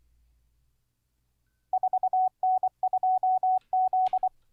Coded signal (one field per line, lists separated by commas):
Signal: Morse code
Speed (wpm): 24 wpm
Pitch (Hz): 750 Hz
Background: none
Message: 4N2Z